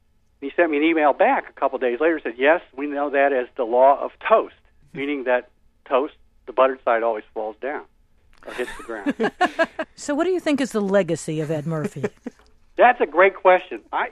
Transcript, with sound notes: And he sent me an e-mail back a couple of days later and said 'yes, we know that as the Law of Toast,' meaning that toast, the buttered side always falls down, or hits the ground. [laughter]
So what do you think is the legacy of Ed Murphy?
That's a great question.